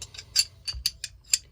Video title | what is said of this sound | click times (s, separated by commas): Browning Hi Power | here it just click into place right there | 0.9 s